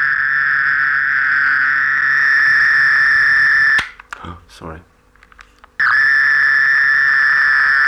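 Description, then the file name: Mole cricket song, a loud steady buzzing trill that stops abruptly for about two seconds, with faint clicks and rustles in the gap, then resumes. "Gryllotalpa sp"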